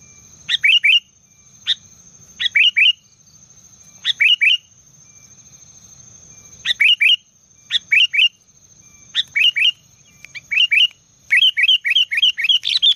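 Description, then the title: Sooty-headed bulbul song: short bubbly phrases of three or four liquid notes, repeated every second or two, over a steady high whine and a low rumbling hum. "Kutilang"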